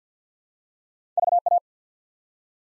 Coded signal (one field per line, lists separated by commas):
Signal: Morse code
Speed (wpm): 50 wpm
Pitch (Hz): 700 Hz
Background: none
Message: VA